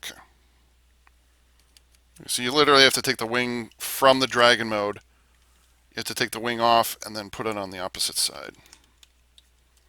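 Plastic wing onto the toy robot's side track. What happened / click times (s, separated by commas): The plastic wing is being handled but has not yet snapped into place / none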